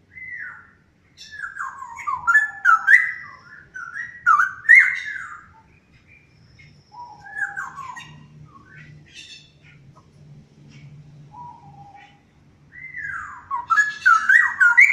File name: Straw headed bulbul